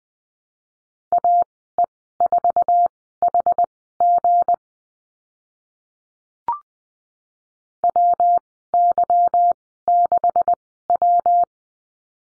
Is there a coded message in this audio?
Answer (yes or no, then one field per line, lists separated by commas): yes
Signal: Morse code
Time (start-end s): 1.1-11.4 s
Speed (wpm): 20 wpm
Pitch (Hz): 700 Hz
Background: none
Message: AE4HG WY6W